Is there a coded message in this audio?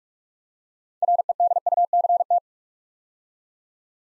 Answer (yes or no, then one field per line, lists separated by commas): yes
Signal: Morse code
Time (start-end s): 1.0-2.4 s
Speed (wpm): 44 wpm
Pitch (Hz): 700 Hz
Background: none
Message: REDUCT